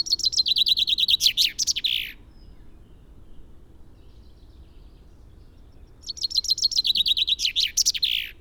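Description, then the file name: Common chaffinch singing two complete songs about four seconds apart, each a falling trill of rapid high notes ending in a buzzy flourish, with quiet between them. "Fringilla coelebs"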